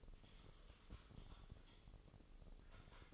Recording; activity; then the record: daily activity, microphone in the room; typing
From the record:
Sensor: 4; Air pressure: 996.0 hPa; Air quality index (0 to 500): 64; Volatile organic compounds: 2 ppm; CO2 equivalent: 1142 ppm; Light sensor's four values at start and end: 14/39/14/15 and 14/39/14/15